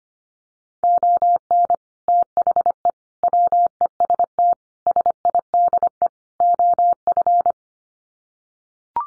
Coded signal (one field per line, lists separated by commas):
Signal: Morse code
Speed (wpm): 25 wpm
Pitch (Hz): 700 Hz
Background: none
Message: ON THE WEST SIDE OF